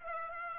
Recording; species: mosquito wingbeat signal from an infrared sensor; Aedes aegypti